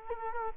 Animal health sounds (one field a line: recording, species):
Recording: mosquito wingbeat signal from an infrared sensor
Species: Culex quinquefasciatus